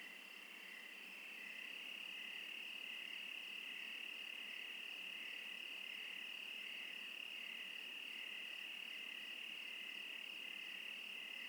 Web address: Sonniss com - GDC 2018-Game Audio Bundle Discover Oregon - Wilderness Crickets Crickets - Crickets Interlude